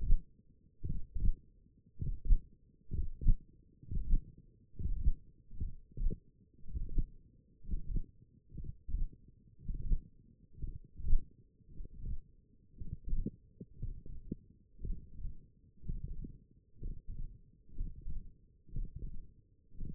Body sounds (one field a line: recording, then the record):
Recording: forearm muscle sounds (acoustic myography)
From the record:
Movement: hook grip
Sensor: system 1, eight BSWA MPA416 microphones around the upper forearm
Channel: 4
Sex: male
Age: 42 years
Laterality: right